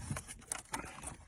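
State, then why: Not seated. A plastic wiring plug for an HP Tuners Smart Access Cable is handled against the back of a module behind the dash of a 2019 Dodge Challenger Scat Pack 1320. Brief taps and rustling plastic contacts are heard. Nothing has seated or clicked yet.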